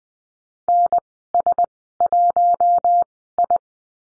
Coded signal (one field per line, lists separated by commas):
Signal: Morse code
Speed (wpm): 20 wpm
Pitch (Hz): 700 Hz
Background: none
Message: NS1I